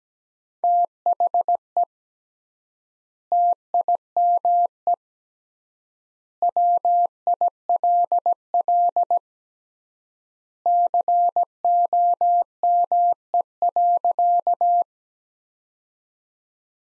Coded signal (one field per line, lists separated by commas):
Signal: Morse code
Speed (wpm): 17 wpm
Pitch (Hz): 700 Hz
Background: none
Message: THE TIME WILL COME.